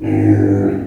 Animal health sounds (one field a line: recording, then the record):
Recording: squeal of a Yucatan mini pig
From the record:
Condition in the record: before surgery on the right vocal fold (resection and tissue-engineered implant)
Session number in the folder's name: 3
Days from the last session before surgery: 0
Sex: female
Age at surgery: 19 weeks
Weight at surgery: 25 kg